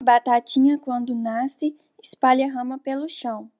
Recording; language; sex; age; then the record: short text; Brazilian Portuguese; female; 20 to 29 years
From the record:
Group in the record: control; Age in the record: 21 years